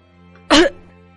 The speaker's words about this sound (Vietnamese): Đang nói, Lão Thông bất ngờ ho lên một tiếng.